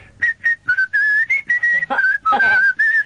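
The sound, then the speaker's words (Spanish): A person whistles a short, lilting tune of clear, high sustained notes with brief gaps between phrases, bright and fairly loud, with no talking over it. “¿Y sabes cantar o silbar así?”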